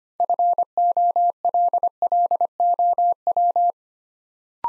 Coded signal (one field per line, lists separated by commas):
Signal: Morse code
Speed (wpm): 25 wpm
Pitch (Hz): 700 Hz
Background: none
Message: FOLLOW